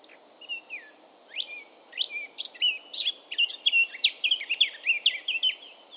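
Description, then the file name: Eurasian blackcap song: a few scattered notes building into a rich, fast warble of clear whistles. "baratposzata hangja"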